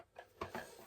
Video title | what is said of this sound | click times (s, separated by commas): #235 - boba-fred - La taille ça compte !! surtout pour des Tie Vintage Kenner | arrive en Clipper une partie mais pas complètement hop | 0.4 s